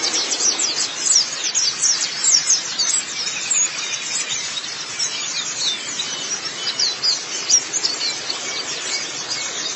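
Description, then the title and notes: White-eye song, steady high-pitched twittering with quick thin notes tumbling over one another throughout. "Kicauan Burung Pleci Durasi Panjang. Suara kicauan burung pleci"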